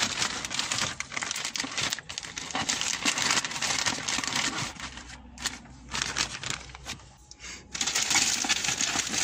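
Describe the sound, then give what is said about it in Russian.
A light, unopened parcel package being torn open by hand, first with one hand: continuous loud crinkling and ripping of plastic wrapping for several seconds, with brief pauses between bursts of rustling and no talking. “Сейчас попробую одной рукой ее разорвать.”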